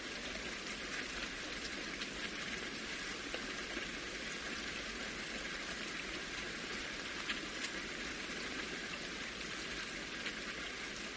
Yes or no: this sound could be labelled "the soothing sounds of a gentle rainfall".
yes